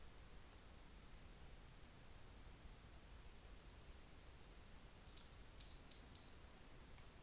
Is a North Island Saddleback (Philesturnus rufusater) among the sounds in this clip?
no